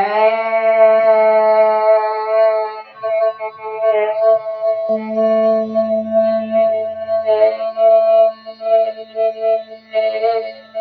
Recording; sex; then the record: sustained vowel /e/; female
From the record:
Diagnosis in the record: Parkinson's disease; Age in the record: 63 years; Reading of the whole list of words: 61 s, 4.6 characters per second